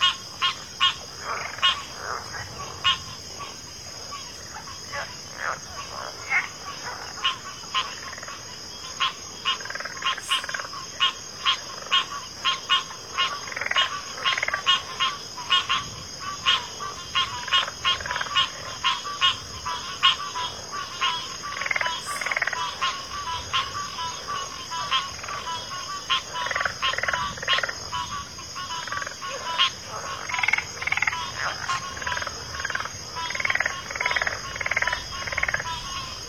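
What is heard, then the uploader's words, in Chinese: A marshy field chorus: a steady high insect hum under dense, rapid frog calls overlapping throughout, with a quiet low murmur beneath. 大自然的声音-田间湿地合唱团。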